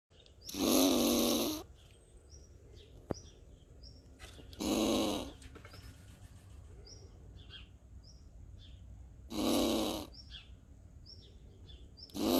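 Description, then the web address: Squirrel giving loud, rough, buzzy growls every few seconds, with soft high chirps between them. Angry squirrel growling. "zlaya belka rychit"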